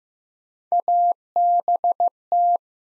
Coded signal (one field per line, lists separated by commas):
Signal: Morse code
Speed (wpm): 15 wpm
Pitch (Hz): 700 Hz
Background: none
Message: ABT